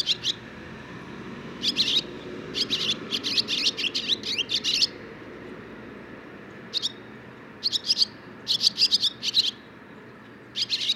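Barn swallow song: a scratchy chattering phrase, a long quiet gap, then further bursts of harsh high twitters.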